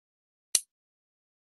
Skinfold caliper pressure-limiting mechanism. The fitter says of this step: can hear the click and that's when you take it away and then you'll you'll